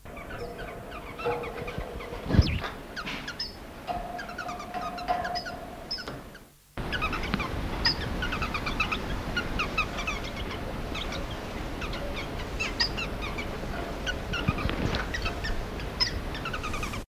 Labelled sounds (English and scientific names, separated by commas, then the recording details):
Orange-cheeked Waxbill (Estrilda melpoda) call
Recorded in captivity
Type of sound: call
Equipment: Halbspur, 9,5 cm/s
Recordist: Lütgens, Hans
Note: Rufe